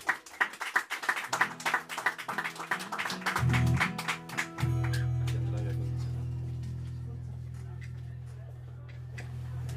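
Audience applause for a singer before a song: a dense burst of many overlapping claps for a few seconds, thinning out as a steady low droning tone takes over and carries on to the end.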